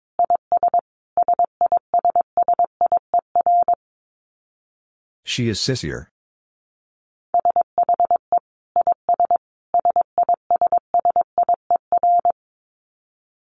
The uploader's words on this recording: Dit Challenge 22wpm. These are short phrases that contain almost all dits in Morse code. I used the letters e, i, s, h, and the number 5 almost entirely.